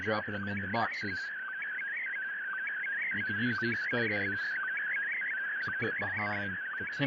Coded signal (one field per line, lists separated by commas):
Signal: SSTV (slow-scan television)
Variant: Scottie DX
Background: speech